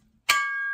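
The upper metal shaft section of a two-piece travel shovel slides into the lower section until its spring clips engage. After a brief low rumble, a sharp metallic clang at 0.3 s leaves a steady ringing tone that lasts to the end. The shaft section locks into place.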